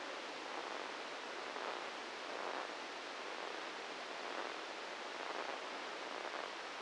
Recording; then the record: brain microelectrode recording played as sound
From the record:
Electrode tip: inside the subthalamic nucleus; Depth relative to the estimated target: 0 mm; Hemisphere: right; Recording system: NeuroSet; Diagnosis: Parkinson's disease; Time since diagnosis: 8 years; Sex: male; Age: 59 years